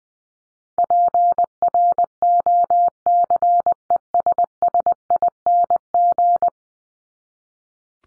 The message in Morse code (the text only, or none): PROCESSING